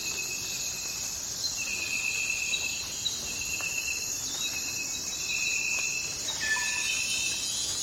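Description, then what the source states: Crickets trilling continuously in a high dense chorus, overlaid by sustained steady tones, including lower ones near the end. Forest at night.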